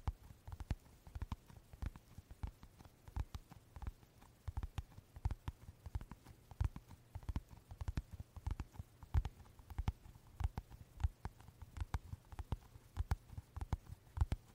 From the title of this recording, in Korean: 카드 지갑 소리 card wallet sounds